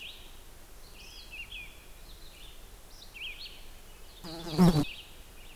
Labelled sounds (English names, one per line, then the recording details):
Red-eyed Vireo song
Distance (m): 70 m
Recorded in boreal forest in Alberta, Canada, on 16 June 2016 at 08:44
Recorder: SongMeter 3, array SBT-3-32
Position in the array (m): 48 m, 11 m